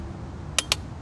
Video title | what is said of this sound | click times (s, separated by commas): How to Gap and Replace Spark plugs: Audi 3.0t S4 B8 | going to want to hear the click | 0.6 s